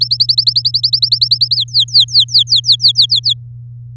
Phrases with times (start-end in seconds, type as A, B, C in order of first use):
0.01-1.56 A, 1.56-3.33 B